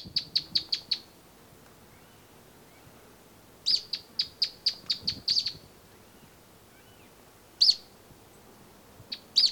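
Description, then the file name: Bolivian earthcreeper giving rapid bursts of high, sharp chirps, a quick run of about six notes, then a longer run, followed by single spaced chips. "Bolivian Earthcreeper (Upucerthia harterti)"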